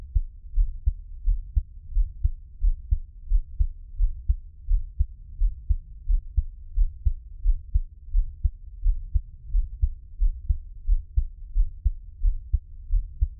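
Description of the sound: A steady, regular heartbeat from an adult, heard up close as low, thudding beats at about 88 per minute, with no talking.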